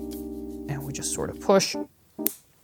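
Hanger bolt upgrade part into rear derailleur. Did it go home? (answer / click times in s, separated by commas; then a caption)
yes / 2.3 s. An upgraded hanger bolt part for a SRAM Eagle rear derailleur is pushed into the metal derailleur body while someone talks over a background of sustained keyboard-like tones. After a quiet pause, a short, sharp click at 2.3 s marks the part seating into place.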